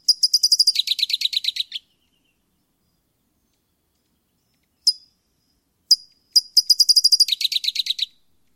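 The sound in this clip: Bird song of rapid high trills, each a quick series of bright notes that drops slightly in pitch, with two isolated single notes between trills and silence otherwise.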